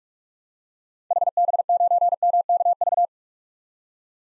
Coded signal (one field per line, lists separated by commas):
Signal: Morse code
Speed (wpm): 44 wpm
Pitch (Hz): 700 Hz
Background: none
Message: HB9MKV